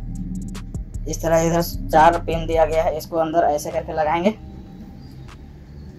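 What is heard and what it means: Someone talks while lining up an original Canon rechargeable battery pack, with its four contact pins, with the battery compartment opening of a Canon 1200D DSLR camera and starting to slide it in. Only faint handling ticks are heard under the speech, and the battery has not seated or clicked yet.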